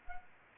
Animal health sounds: mosquito wingbeat signal from an infrared sensor; Anopheles gambiae

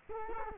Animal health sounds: mosquito wingbeat signal from an infrared sensor; Culex quinquefasciatus

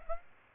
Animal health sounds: mosquito wingbeat signal from an infrared sensor; Aedes aegypti

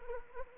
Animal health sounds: mosquito wingbeat signal from an infrared sensor; Anopheles arabiensis

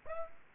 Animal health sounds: mosquito wingbeat signal from an infrared sensor; Aedes albopictus

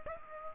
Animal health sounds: mosquito wingbeat signal from an infrared sensor; Aedes aegypti

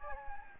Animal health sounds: mosquito wingbeat signal from an infrared sensor; Anopheles gambiae

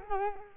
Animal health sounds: mosquito wingbeat signal from an infrared sensor; Culex quinquefasciatus

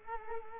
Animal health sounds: mosquito wingbeat signal from an infrared sensor; Culex quinquefasciatus

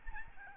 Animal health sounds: mosquito wingbeat signal from an infrared sensor; Aedes albopictus

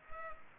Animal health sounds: mosquito wingbeat signal from an infrared sensor; Culex pipiens

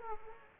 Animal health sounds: mosquito wingbeat signal from an infrared sensor; Aedes aegypti

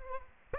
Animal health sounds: mosquito wingbeat signal from an infrared sensor; Aedes aegypti

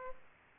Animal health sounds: mosquito wingbeat signal from an infrared sensor; Aedes aegypti

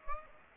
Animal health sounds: mosquito wingbeat signal from an infrared sensor; Aedes aegypti

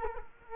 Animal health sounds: mosquito wingbeat signal from an infrared sensor; Culex quinquefasciatus

